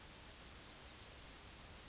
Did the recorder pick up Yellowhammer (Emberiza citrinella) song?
no